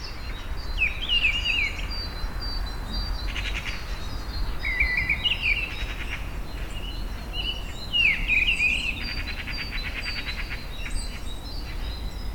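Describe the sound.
Bird calls, short bursts of sharp chirping notes and trills, with rapid buzzy rattles and a low rumbling background.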